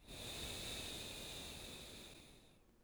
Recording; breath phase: one breath near a microphone; exhalation